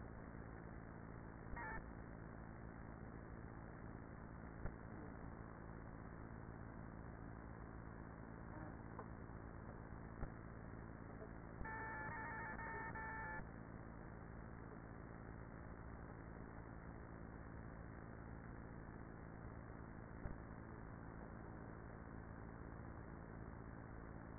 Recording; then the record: honeybee colony, microphone inside the hive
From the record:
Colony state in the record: queenless with a low population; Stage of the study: after two queens were removed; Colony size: about 30,000 bees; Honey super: no